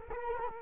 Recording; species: mosquito wingbeat signal from an infrared sensor; Culex quinquefasciatus